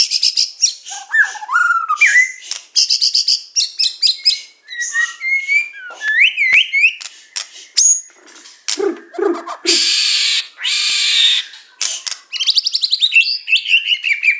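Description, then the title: Oriental magpie-robin song: a rapid medley of high whistles, rising slurs and buzzy chatter, with a burst of lower harsh notes in the middle, then sweet whistles again. "Kicau Kacer"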